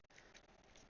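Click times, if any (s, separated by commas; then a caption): none. A plastic armor piece is pushed onto the tabs on the back of a Transformers Age of the Primes Commander Class Silverbolt robot figure, making a few light plastic taps over soft handling noise. Nothing has seated or clicked into place yet.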